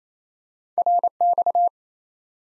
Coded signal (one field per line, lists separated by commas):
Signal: Morse code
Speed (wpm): 28 wpm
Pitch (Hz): 700 Hz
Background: none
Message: RX